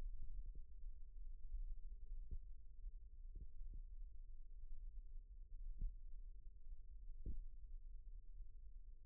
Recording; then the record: forearm muscle sounds (acoustic myography)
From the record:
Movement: rest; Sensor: system 1, eight BSWA MPA416 microphones around the upper forearm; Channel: 6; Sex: male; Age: 42 years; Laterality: right